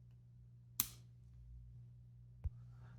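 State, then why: Seated. A mechanical keyboard switch is pressed into the tight-fitting polycarbonate plate of a JRIS80 TKL keyboard, giving a single sharp snap at 0.8 s as it seats. A softer, low thump follows near 2.5 s over a steady low hum, and the switch ends up firmly seated in the plate.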